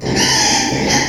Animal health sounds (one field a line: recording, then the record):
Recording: squeal of a Yucatan mini pig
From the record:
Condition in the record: before surgery on the right vocal fold (resection and tissue-engineered implant)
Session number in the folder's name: 2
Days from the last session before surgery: 0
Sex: male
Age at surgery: 12 weeks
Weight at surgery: 13 kg